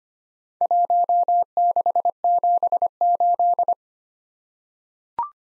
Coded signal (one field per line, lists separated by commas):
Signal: Morse code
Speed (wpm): 25 wpm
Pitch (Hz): 700 Hz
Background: none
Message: 1678